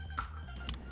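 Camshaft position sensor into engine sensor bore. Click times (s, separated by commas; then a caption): 0.7 s. A new camshaft position sensor is pushed by hand into its bore in the engine of a Nissan Xterra 4.0 during a replacement to fix code P0340. A sharp click at 0.7 s, over background music, marks the sensor seating home.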